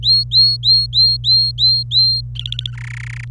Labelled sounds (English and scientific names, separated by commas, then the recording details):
Domestic Canary (Serinus canaria) song
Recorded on 26 April 2018 at 10:37
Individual llb3